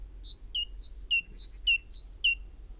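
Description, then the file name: Great tit with clear two-note whistles, each high note followed by a lower, shorter one, four phrases in close succession. "Parus major"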